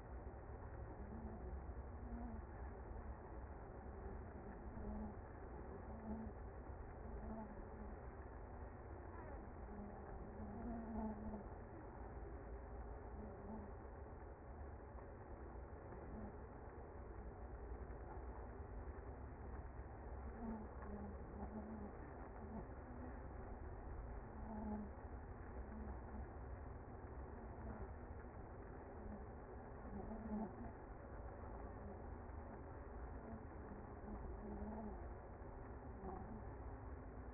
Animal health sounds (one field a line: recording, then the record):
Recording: honeybee colony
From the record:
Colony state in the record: active